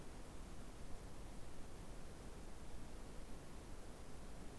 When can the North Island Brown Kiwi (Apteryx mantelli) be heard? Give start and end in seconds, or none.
none